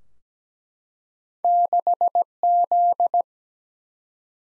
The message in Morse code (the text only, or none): 6Z